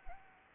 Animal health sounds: mosquito wingbeat signal from an infrared sensor; Anopheles arabiensis

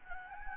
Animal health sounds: mosquito wingbeat signal from an infrared sensor; Anopheles gambiae

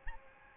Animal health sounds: mosquito wingbeat signal from an infrared sensor; Aedes albopictus

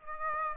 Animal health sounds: mosquito wingbeat signal from an infrared sensor; Aedes aegypti

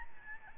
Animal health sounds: mosquito wingbeat signal from an infrared sensor; Aedes albopictus

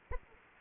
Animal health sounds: mosquito wingbeat signal from an infrared sensor; Anopheles arabiensis

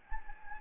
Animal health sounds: mosquito wingbeat signal from an infrared sensor; Anopheles gambiae

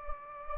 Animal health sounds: mosquito wingbeat signal from an infrared sensor; Anopheles gambiae

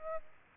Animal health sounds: mosquito wingbeat signal from an infrared sensor; Aedes albopictus

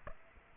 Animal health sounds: mosquito wingbeat signal from an infrared sensor; Aedes aegypti

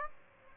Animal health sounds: mosquito wingbeat signal from an infrared sensor; Aedes aegypti

